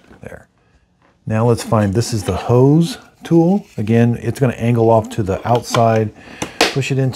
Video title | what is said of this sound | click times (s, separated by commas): BISSELL Little Green Proheat Portable Pet Spot Cleaner Red UNBOXING & REVIEW | You're gonna put it in till it snaps. There. | 0.3 s